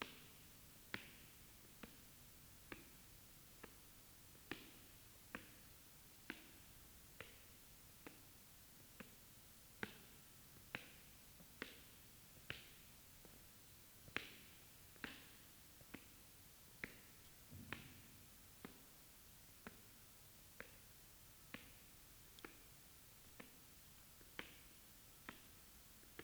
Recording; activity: daily activity, guitar pickup as the sensor; walk